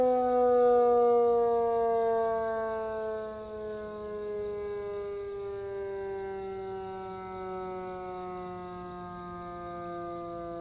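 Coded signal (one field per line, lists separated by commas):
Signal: siren signal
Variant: motor siren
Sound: a loud mechanical siren wail slowly sliding down in pitch as it winds down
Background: outdoor ambience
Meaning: Marks the 6 a.m. time signal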